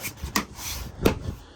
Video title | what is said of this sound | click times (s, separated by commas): 2024 Honda Ridgeline UPGRADE LED High Beams QUICK 10 MIN DIY. Looks Great! Beginning to end! | You hear it snap. | 0.4 s, 1.1 s